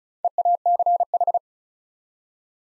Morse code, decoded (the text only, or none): EACH